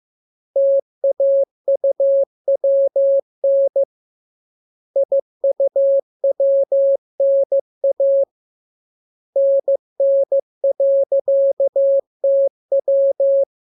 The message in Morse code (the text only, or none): TAUWN IUWNA NN.TW